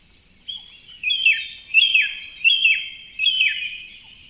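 Bird song of high, slurred whistled phrases repeated about every three-quarters of a second, each phrase dropping in pitch at the end, with thin higher notes above.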